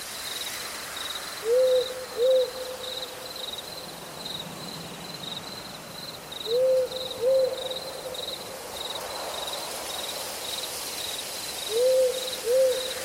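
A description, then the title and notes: An owl hoots in a forest at night, giving paired low hoots roughly every five seconds, at about 1.5, 6.5 and 12 seconds. Crickets chirp steadily throughout in a high, regular pulsing trill. A soft hiss fills the quiet background. Crickets and Owls Music in Forest at Night.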